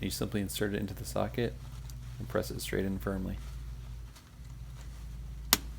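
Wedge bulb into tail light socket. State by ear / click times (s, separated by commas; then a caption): seated / 5.5 s. Someone talks while a new wedge-type tail light bulb for a Mazda 3, held with a cloth, is pressed straight into its plastic socket. A sharp snap at 5.5 seconds shows the bulb has seated correctly in the socket.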